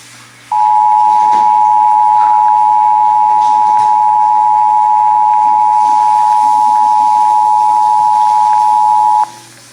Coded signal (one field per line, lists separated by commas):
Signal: Emergency Alert System (SAME) tones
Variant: 853 and 960 Hz attention tone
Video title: (EAS #265) Severe Thunderstorm Warning (WBAP-AM)